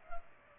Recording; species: mosquito wingbeat signal from an infrared sensor; Culex pipiens